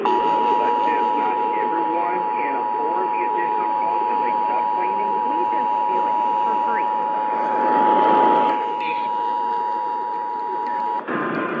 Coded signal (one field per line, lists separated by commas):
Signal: Emergency Alert System (SAME) tones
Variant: 853 and 960 Hz attention tone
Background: speech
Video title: February 2020 Texas Required Monthly Test (EAS# 262-267)